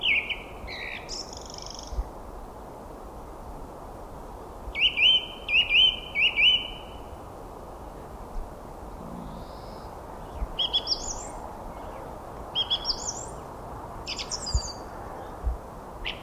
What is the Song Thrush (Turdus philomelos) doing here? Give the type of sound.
song